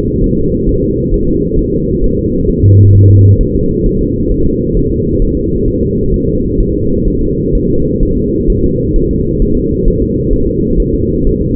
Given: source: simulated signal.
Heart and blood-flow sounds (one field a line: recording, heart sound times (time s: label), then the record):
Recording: fetal heart sounds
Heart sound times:
0.24 s: S1
0.39 s: S2
0.69 s: S1
0.84 s: S2
1.14 s: S1
1.29 s: S2
1.59 s: S1
1.74 s: S2
2.04 s: S1
2.19 s: S2
2.50 s: S1
2.64 s: S2
2.95 s: S1
3.10 s: S2
3.41 s: S1
3.55 s: S2
3.86 s: S1
4.01 s: S2
4.32 s: S1
4.46 s: S2
4.77 s: S1
4.92 s: S2
5.22 s: S1
5.37 s: S2
5.68 s: S1
5.82 s: S2
6.14 s: S1
6.29 s: S2
6.61 s: S1
6.75 s: S2
7.08 s: S1
7.22 s: S2
7.55 s: S1
7.70 s: S2
8.03 s: S1
8.17 s: S2
8.50 s: S1
8.65 s: S2
8.96 s: S1
9.11 s: S2
9.42 s: S1
9.57 s: S2
9.88 s: S1
10.02 s: S2
10.34 s: S1
10.48 s: S2
10.80 s: S1
10.95 s: S2
11.27 s: S1
11.41 s: S2
From the record:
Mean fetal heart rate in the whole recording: 130 bpm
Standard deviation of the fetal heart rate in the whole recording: 4 bpm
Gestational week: 38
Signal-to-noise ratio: -15.3 dB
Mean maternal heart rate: 72 bpm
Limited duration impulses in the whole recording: present